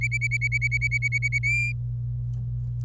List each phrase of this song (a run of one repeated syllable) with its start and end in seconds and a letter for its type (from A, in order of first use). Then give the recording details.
0.01-1.39 A, 1.43-1.72 B. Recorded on 26 April 2018 at 08:03. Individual llb3